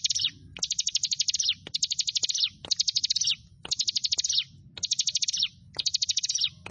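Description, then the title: Prinia song: high, rapid bursts of sharp chipping notes, each about a second long and trailing downward, repeated with brief pauses, over a low rumbling background. "Ciblek Sawah 1"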